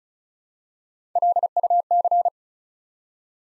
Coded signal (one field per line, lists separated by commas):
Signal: Morse code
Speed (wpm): 36 wpm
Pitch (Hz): 700 Hz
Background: none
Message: LUC